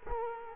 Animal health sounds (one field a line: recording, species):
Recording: mosquito wingbeat signal from an infrared sensor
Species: Culex quinquefasciatus